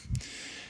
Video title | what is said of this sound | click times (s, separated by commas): Brush and Carpet Glide install on Devastator Wands | bring it down until it snaps on you | 0.1 s